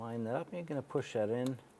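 A wiring harness connector is lined up to be pushed onto a new camshaft position sensor on a 2007-2012 Nissan Versa while someone talks. Nothing has seated or clicked yet.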